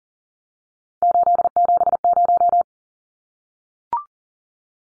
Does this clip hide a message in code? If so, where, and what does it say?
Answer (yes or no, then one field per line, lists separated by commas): yes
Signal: Morse code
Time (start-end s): 1.0-2.6 s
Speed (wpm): 40 wpm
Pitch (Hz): 700 Hz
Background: none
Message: 870